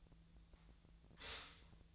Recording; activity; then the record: daily activity, microphone in the room; stop toaster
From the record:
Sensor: 3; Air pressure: 1009.2 hPa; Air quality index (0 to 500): 197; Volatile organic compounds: 16 ppm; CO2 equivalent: 2547 ppm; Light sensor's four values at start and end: 32/80/34/36 and 32/80/34/36